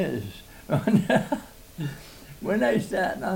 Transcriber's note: laughs